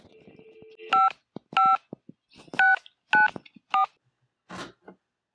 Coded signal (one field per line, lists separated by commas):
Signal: DTMF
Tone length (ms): 160 ms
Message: 55694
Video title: Phone Line Simulator Project Update: 2 Phones Working!